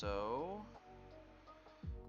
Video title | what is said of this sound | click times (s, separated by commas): Building Some Gundam Model Kits! Mobile Fighter G Gundam Models | Looks like it says it clicks but didn't hear a click. | none